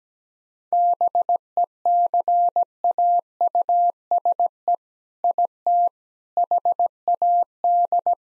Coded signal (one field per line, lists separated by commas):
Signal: Morse code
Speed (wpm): 17 wpm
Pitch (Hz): 700 Hz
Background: none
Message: BECAUSE IT HAD